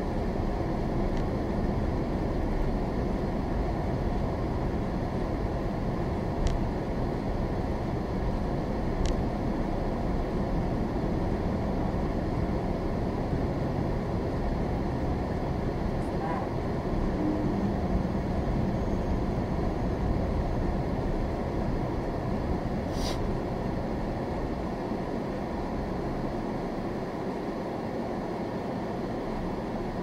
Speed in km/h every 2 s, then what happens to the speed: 16, 19, 18, 18, 18, 19, 21, 19, 19, 23, 19, 16, 8, 3, 5.
0-19 steady at about 19. 19-26 slows to 3.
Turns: none.